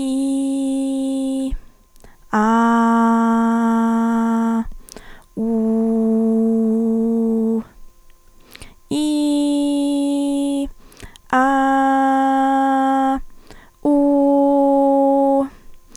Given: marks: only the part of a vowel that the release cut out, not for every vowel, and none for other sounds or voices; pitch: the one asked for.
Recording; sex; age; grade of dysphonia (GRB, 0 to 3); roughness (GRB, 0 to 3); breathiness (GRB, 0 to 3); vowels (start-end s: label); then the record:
sustained vowels; female; 20 to 29 years; 1; 1; 0
0.00-1.19 s: vowel /i/, normal pitch
3.04-4.50 s: vowel /a/, normal pitch
5.69-7.41 s: vowel /u/, normal pitch
9.18-10.55 s: vowel /i/, high pitch
11.62-12.99 s: vowel /a/, high pitch
14.12-15.32 s: vowel /u/, high pitch
From the record:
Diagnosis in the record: healthy voice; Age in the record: 21 years